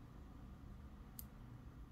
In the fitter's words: so you hear a little click so i know it's in there